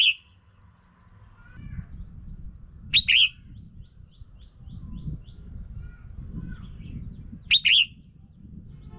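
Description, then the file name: Red-whiskered bulbul giving brief sharp chirps: one at the start, then two more double-noted phrases several seconds apart over a steady low rumble. Female bird. "Tieng chao mao mai"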